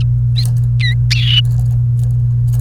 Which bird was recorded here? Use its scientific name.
Serinus canaria